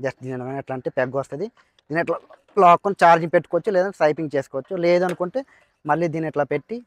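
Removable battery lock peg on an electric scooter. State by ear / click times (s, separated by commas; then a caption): not seated / none. A man talks while handling the removable battery lock peg on an electric delivery scooter, pulling the peg to free the battery and then putting it back into place. Only his speech is heard. The clip ends before the lock is pressed, so nothing has seated or clicked yet.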